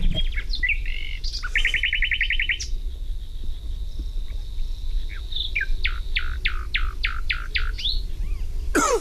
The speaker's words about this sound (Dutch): Ja, de nachtegaal is jouw favoriete vogelgeluid. Ja, het geluid is prachtig. Ja, als je dat één keer gehoord hebt, dan vergeet je dat nooit meer.